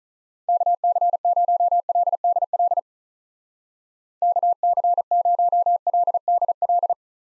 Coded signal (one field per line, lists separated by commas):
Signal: Morse code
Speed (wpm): 46 wpm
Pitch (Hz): 700 Hz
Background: none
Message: KC0LDL KC0LDL